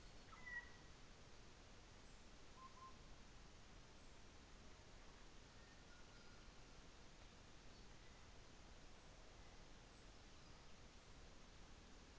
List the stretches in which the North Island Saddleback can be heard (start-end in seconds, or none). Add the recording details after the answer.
none. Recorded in New Zealand on 24 December 2018. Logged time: 15:05